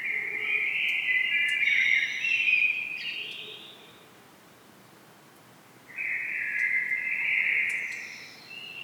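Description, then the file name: Common blackbird: a long mellow warbled phrase, a pause, then a second fluted phrase. "Turdus merula"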